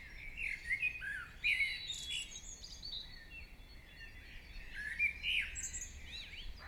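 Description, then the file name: Birds singing, bright warbling phrases and high twitters, quieter for a moment mid-way before more whistled song. Morning birdsong. "Chants Oiseaux du Matin"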